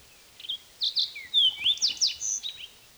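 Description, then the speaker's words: Fox Sparrow song: a quick run of varied clear whistled notes and slurred phrases, some rising and some falling, delivered in a rich, hurried burst. Singing, in a field recording. "fox sparrow singing."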